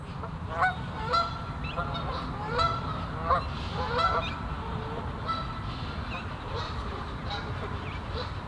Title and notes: Meise, jardin botanique. Des oies sur l'étang du chateau de Bouchout. Enregistrement binaural